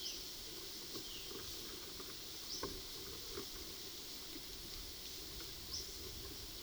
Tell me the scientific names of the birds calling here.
none